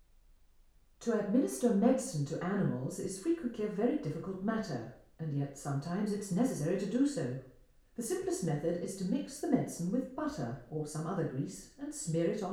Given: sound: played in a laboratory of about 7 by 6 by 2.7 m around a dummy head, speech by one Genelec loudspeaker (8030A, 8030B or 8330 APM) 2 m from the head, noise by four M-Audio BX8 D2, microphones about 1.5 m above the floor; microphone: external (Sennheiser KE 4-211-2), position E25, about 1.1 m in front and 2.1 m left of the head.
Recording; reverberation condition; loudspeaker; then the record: female speech in English; medium; 90 degrees to the left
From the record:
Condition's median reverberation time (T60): about 510 ms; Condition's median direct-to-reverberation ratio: about -0.5 dB